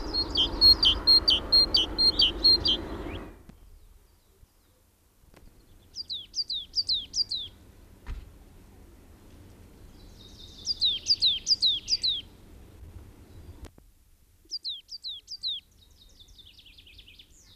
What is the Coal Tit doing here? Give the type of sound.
song